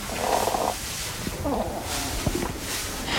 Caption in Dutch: Hij ook een beetje een reuteltje heeft. Het lijkt net alsof hij aan het snurken is. Dat lijkt zo, maar hij is niet aan het snurken. Deze egel heeft longwormen. En die krijgen ze bijvoorbeeld door als ze te veel slakken eten. En die longwormen die wonen in de longen en die eten eigenlijk de longen op. Dus gaan de longen kapot en dan krijg je zo'n rare geluidje.